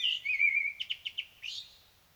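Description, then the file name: Common blackbird, a short fluted warble followed by four quick clipped notes and a brief high squeaky flourish. "Turdus merula"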